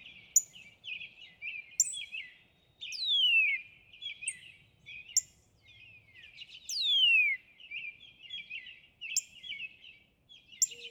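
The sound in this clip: Northern cardinal song: long loud whistles sweeping steeply downward, given twice about four seconds apart, over a busy chorus of chirping birds.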